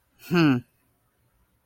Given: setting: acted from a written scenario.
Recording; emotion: vocal sound without words; neutral